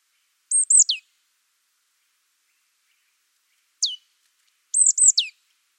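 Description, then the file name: Marsh tit giving quick high-pitched calls, clipped notes swooping downward, in a short burst, a single note, then another burst. "Poecile palustris"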